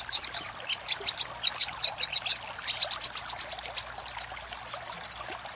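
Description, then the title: Little spiderhunter song of quick, piercing high chips in repeated bursts separated by brief gaps. Master recording of the labaik song style, used for training cage birds. "Masteran Burung Sogok Ontong Labaik"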